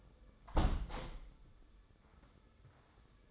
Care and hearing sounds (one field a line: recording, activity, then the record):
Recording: daily activity, microphone in the room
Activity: close window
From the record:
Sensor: 3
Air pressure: 995.7 hPa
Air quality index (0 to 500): 89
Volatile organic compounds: 9 ppm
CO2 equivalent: 2174 ppm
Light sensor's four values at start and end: 27/82/34/30 and 27/82/34/30